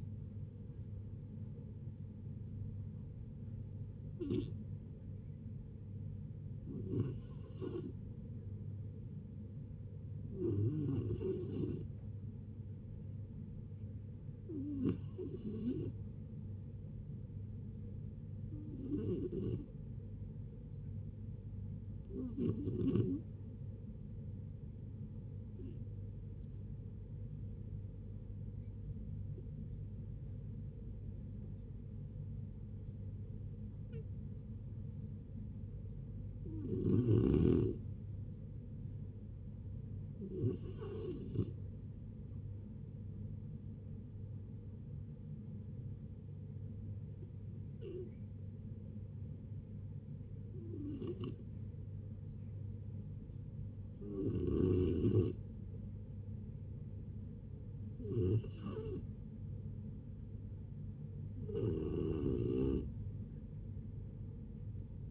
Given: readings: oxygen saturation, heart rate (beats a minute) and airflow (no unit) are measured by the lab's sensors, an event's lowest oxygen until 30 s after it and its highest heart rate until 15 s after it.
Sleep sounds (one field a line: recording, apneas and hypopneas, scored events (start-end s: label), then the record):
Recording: a person awake in a sleep study, by a smartphone at the bedside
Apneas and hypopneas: none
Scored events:
0.00-65.11 s: awake
0.00-65.11 s: awake
From the record:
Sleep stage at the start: awake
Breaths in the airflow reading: 28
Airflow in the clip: -0.6 to 0.6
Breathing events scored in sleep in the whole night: 496 in 5.4 hours asleep